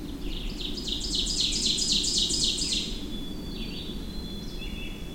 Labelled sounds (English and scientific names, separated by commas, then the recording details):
Ovenbird (Seiurus aurocapilla) song
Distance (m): 20 m
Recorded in boreal forest in Alberta, Canada, on 25 June 2016 at 07:55
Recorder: SongMeter 3, array SBT-6-76
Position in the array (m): 17 m, 110 m
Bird 2